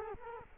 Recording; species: mosquito wingbeat signal from an infrared sensor; Culex quinquefasciatus